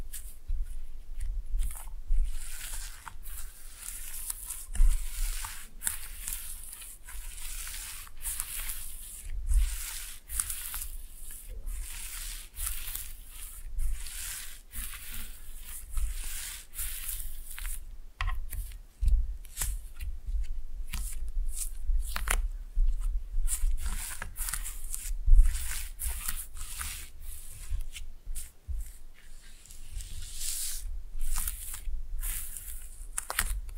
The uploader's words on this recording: ASMR Fun with Slime No Talking.